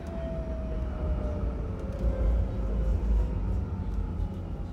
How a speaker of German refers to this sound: Die Tram fuhr endlich ihre paar Meter noch bis zur Haltestelle. Türen auf, ich raus, bloß weg hier.